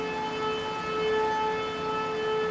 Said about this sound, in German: Als die Sirene ertönte und als die Zeit kam, wieder zurück in unsere Schlafsäle zu gehen